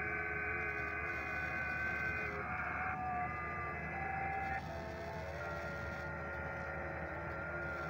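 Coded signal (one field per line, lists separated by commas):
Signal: FT8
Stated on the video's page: FT8 on a portable go-box station with a multiband vertical antenna for 20/17/15/12/10 meters, run during a power outage.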